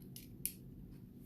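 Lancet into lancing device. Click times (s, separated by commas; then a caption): 0.5 s. A plastic lancet is pushed into the holder of a lancing device, with a softer scrape-like tick around 0.2 s. A sharp, bright click at 0.5 s confirms it has seated and retracted back, ready to fire.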